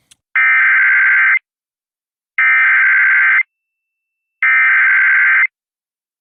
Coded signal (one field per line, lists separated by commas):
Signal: Emergency Alert System (SAME) tones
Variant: header bursts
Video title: I Recorded EAS Alerts for 2 weeks and now I want to die ;-;… EAS Alerts from 7/18/21-7/31/21.